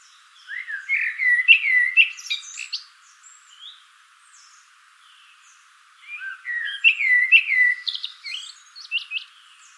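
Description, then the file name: Common blackbird singing two fluty warbled phrases about five seconds apart, each ending in squeaky high twitters. "Turdus merula"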